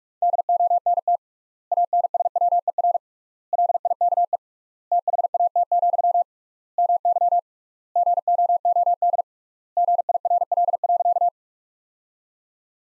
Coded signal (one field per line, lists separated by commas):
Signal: Morse code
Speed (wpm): 45 wpm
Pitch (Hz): 700 Hz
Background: none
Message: DONT ANSWER LIKE THAT, MY GOOD GIRL.